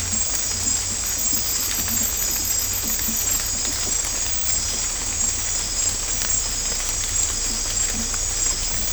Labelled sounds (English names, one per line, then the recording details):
none
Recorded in dense forest near Puerto Asís, Putumayo, Colombia, on 18 December 2024 at 00:30
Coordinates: 0.503, -76.323
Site G043